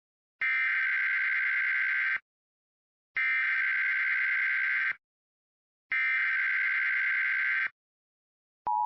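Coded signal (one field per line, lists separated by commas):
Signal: Emergency Alert System (SAME) tones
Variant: header bursts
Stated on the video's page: Real AMBER Alert EAS received via Spectrum TV and AccuWeather apps.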